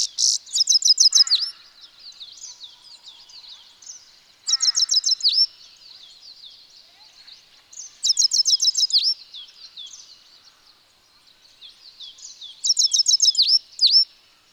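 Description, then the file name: European goldfinch song: loud bursts of bright, tinkling notes about every four seconds, with soft continuous twittering between them. "Carduelis carduelis"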